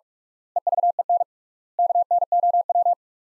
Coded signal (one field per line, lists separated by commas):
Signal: Morse code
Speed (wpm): 48 wpm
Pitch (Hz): 700 Hz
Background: none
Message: EVEN KNOW